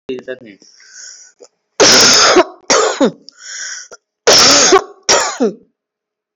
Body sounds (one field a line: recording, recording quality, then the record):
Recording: heavy voluntary cough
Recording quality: moderate, slight background noise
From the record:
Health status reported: recovered from COVID-19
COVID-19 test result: positive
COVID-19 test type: RT-PCR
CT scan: not taken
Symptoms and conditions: cough, cold, sore throat, fever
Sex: female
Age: 44 years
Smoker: no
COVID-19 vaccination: both doses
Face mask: worn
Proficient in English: yes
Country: India